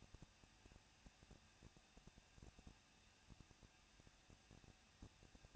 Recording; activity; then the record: daily activity, microphone in the room; no activity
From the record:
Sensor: 2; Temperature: 21.0 degrees Celsius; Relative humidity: 37.3%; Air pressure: 1006.4 hPa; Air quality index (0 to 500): 220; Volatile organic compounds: 23 ppm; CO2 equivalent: 2778 ppm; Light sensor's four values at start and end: 2/3/2/2 and 2/3/2/2